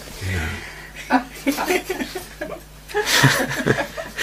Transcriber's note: laughter